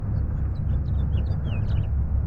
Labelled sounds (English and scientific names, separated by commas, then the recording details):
House Finch (Haemorhous mexicanus) song
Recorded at Breezy Point on Long Island, New York, on 4 June 1975
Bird A